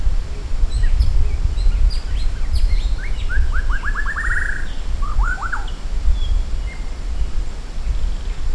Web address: sound maratua shama